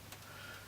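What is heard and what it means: The male XLR connector on the end of a long microphone lead is pushed into channel 4 of a studio mixer, and a short, sharp click sounds at 0.1 s over a steady low hum. The connector seats in the input.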